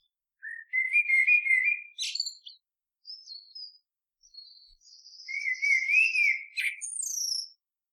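Bird song of clear whistled, slurred notes followed by brief high chirps and a longer rising-and-falling whistled phrase, over otherwise silent background.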